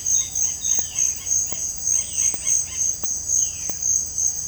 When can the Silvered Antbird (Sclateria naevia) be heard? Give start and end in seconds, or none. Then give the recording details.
none. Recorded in dense forest near Puerto Asís, Putumayo, Colombia, on 18 February 2024 at 06:30. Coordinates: 0.487, -76.319. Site G6403